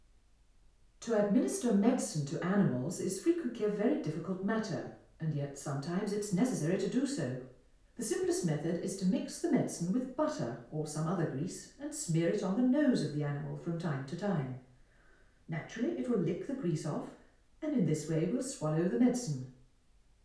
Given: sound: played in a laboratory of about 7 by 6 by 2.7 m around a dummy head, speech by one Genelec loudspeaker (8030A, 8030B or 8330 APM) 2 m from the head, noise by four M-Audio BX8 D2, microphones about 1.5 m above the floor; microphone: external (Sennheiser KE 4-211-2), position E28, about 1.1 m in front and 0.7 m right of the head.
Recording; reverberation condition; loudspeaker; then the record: female speech in English; medium; 150 degrees to the left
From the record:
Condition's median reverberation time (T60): about 510 ms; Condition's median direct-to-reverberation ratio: about -0.5 dB